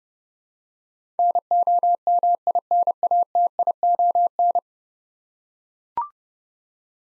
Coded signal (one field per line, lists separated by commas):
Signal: Morse code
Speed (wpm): 31 wpm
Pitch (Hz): 700 Hz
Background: none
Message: NOMINATION